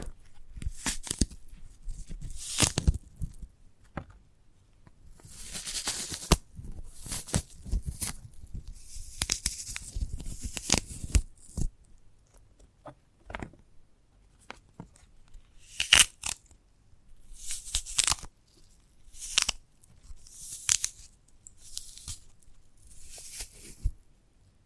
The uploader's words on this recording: ASMR of a Sprouted Coconut (No Talking).